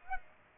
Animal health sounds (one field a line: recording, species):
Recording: mosquito wingbeat signal from an infrared sensor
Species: Aedes aegypti